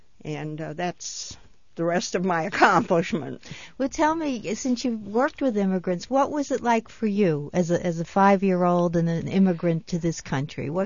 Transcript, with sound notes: And that's the rest of my accomplishments. (she laughs)
Well, tell me, since you've worked with immigrants, what was it like for you as a, as five year old, and an immigrant to this country.